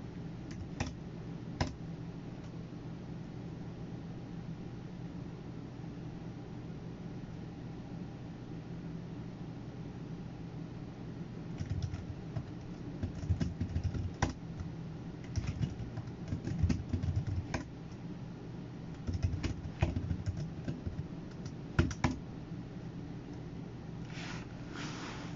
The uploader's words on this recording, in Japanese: パソコン作業中の音です。Eluに画像を出品する → メール送信など他のことを行う → eluに画像を出品する の順で行っています。